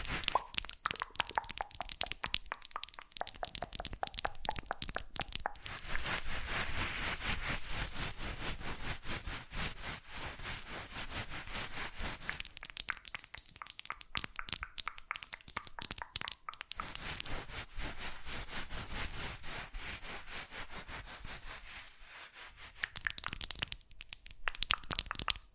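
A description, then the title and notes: Fast, unpredictable ASMR triggers of rubbing, scraping and sawing-like scratches, dense and bright, with brief pauses near five, fifteen and twenty-three seconds. ASMR Fast Changing Unpredictable Triggers (No Talking).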